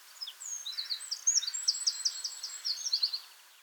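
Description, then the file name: Eurasian wren song: a rapid, high-pitched burst of sharp notes and trills lasting about three seconds, loud and fast throughout, with quiet background. "Troglodytes troglodytes"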